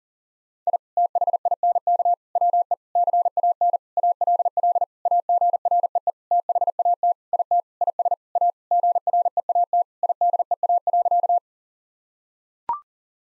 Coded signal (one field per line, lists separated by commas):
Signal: Morse code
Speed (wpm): 40 wpm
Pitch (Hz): 700 Hz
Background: none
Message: I THINK WE CAN ALL AGREE THAT IT IS A GREAT IDEA.